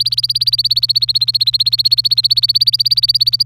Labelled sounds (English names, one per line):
Domestic Canary song